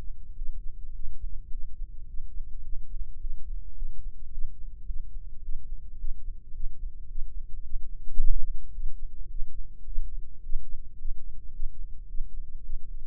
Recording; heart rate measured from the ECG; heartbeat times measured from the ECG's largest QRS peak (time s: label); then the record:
heart sounds by microphone in the left ear; 108 bpm
0.33 s: heartbeat
0.91 s: heartbeat
1.48 s: heartbeat
2.05 s: heartbeat
2.61 s: heartbeat
3.18 s: heartbeat
3.74 s: heartbeat
4.29 s: heartbeat
4.85 s: heartbeat
5.40 s: heartbeat
5.96 s: heartbeat
6.52 s: heartbeat
7.07 s: heartbeat
7.61 s: heartbeat
8.16 s: heartbeat
8.71 s: heartbeat
9.28 s: heartbeat
9.84 s: heartbeat
10.41 s: heartbeat
10.96 s: heartbeat
11.51 s: heartbeat
12.06 s: heartbeat
12.61 s: heartbeat
From the record:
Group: healthy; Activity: Valsalva maneuver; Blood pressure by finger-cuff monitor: 113/85 mmHg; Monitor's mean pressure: 92 mmHg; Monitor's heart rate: 107 bpm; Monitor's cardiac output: 7 L/min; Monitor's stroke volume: 65 mL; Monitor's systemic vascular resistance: 970 dyn s/cm5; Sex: male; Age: 33 years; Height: 179 cm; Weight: 80.4 kg